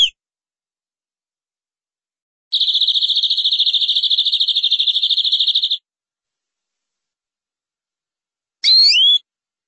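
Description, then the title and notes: Canary song: a long rapid rolling trill of about three seconds, followed after a pause by a brief swooping whistled phrase. "BM Suara Kenari. BM Suara Burung Kenari"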